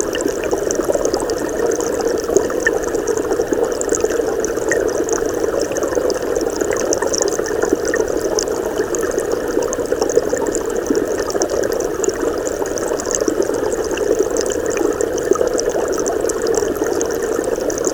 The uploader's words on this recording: Unwind To The Underwater Sound Of A Creek. Enjoy the peaceful sound of water casually running down stream.